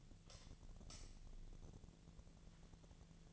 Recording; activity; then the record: daily activity, microphone in the room; light on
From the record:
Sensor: 4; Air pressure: 1010.7 hPa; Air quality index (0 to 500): 172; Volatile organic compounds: 5 ppm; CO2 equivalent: 1753 ppm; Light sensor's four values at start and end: 37/108/43/43 and 38/109/43/44